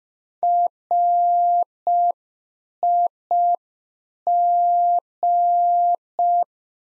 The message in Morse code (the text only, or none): RIG